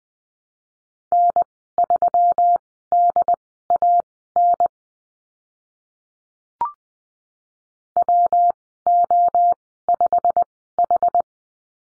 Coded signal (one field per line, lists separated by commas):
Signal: Morse code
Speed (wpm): 20 wpm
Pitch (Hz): 700 Hz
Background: none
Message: N3DAN WO5H